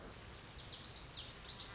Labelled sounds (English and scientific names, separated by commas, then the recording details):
Lazuli Bunting (Passerina amoena)
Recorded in Sonoma County, California